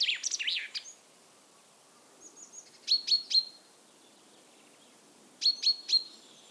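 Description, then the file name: Common chaffinch calls, with a burst of lower warbling notes at the start, then two sets of three quick sharp high chips. "Fringilla coelebs"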